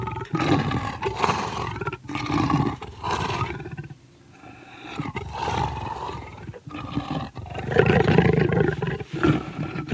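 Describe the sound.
Leopard snarling and roaring in a string of raspy, harmonic bursts, a brief lull midway before louder grating calls resume.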